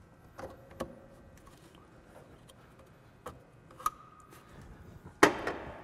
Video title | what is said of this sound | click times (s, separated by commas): Install and testing of the Pulsar Tuning Module for 2015-2018 Ram 1500 5.7L Hemi Trucks | then once you get them in tight lower that let red lever that will lock into place do that to both of them and just like that the pulsar is installed on this truck | 3.9 s, 5.2 s